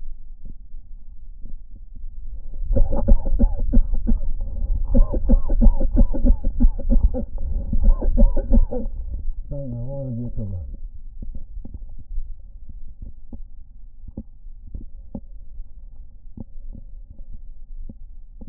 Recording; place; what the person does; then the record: lung sounds by stethoscope; left anterior apical chest; quiet breathing, then cough and speech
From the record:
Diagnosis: COPD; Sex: male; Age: 70 years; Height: 183 cm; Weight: 116 kg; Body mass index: 34.6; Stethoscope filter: diaphragm mode